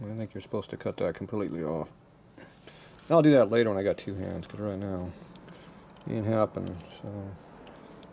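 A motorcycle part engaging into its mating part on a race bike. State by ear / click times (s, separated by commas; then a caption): seated / 7.7 s, 8.0 s. A part is pushed one-handed into its mating part on a 2001 Gilroy Indian race bike being rebuilt, while someone talks for most of the clip. Near the end, two short, sharp ticks come at 7.7 s and 8.0 s as the part clicks into engagement and seats.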